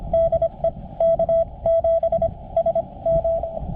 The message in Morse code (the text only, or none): DE K7SM